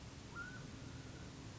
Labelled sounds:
Mountain Quail
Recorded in Sonoma County, California

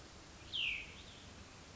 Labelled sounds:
Cassin's Vireo
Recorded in Sonoma County, California

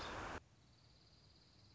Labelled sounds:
Dark-eyed Junco
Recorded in Sonoma County, California

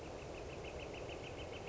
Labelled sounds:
Northern Flicker
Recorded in Sonoma County, California

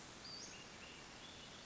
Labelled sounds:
Western Flycatcher
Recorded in Sonoma County, California

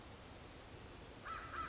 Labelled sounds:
American Crow
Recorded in Sonoma County, California

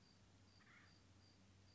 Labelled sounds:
Acorn Woodpecker
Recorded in Sonoma County, California

